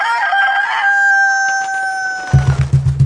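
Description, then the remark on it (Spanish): A fighting rooster named Carmelo, facing an opponent in a cockfight, lets out a long, loud, harmonic crow that slides slightly downward, followed by a quick burst of low, rhythmic thumps like wings flapping. No one speaks. “Una vez frente al enemigo, el Carmelo agitó las alas y cantó.”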